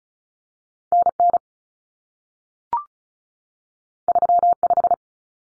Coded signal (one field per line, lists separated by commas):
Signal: Morse code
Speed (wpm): 36 wpm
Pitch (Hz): 700 Hz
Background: none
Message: NN 35